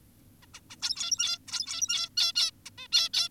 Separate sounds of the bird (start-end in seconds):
0.43-0.46, 0.54-0.60, 0.70-0.76, 0.82-1.38, 1.48-2.09, 2.17-2.33, 2.36-2.51, 2.66-2.70, 2.78-2.88, 2.92-3.09, 3.14-3.29